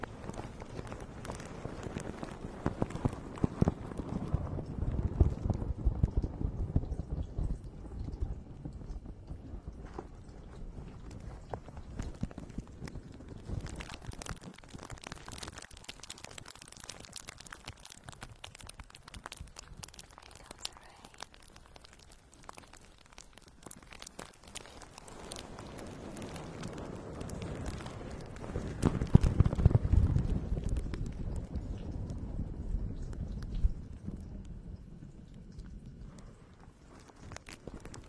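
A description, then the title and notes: Quick, steady tapping of typing and crinkling paper runs throughout, while two deep rolls of thunder swell up near the start and again later. Office sounds. Typing, paper shuffling and lots more, including thunder.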